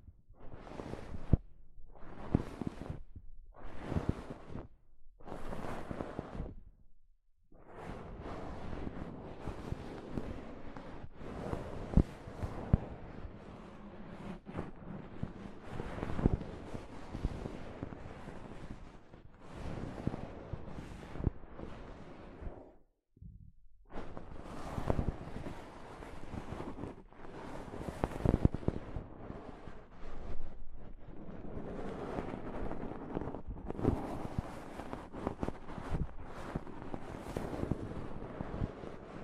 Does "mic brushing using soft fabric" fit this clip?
yes